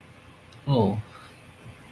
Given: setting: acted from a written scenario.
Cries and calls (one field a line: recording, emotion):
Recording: vocal sound without words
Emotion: shame